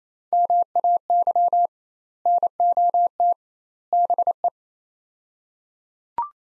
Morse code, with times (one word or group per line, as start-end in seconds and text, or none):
0.3-1.7 MAY
2.3-3.3 NOT
3.9-4.5 BE